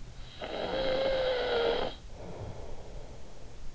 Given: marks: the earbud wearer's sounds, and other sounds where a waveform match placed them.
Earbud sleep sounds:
sounds in sleep by an in-ear microphone; snoring breath
0.03-3.58 s: snoring breath

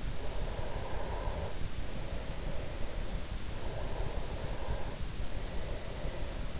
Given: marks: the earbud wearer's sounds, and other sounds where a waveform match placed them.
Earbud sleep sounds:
sounds in sleep by an in-ear microphone; breath
0.00-3.02 s: breath
3.36-6.34 s: breath

